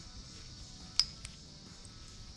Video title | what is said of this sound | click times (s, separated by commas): Replacing the Bronco Rear Window Motor | Boom, just snapped right in. | 1.0 s